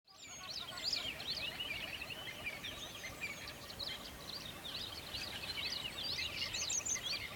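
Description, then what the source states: Birds twittering in a crowded chorus of high chirps and trills over a steady hissing background. Recorded near a river.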